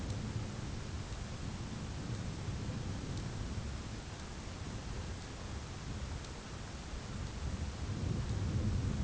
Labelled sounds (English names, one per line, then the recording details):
none
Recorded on Arctic tundra, site ZACK-1, on 11 June 2019
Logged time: 01:49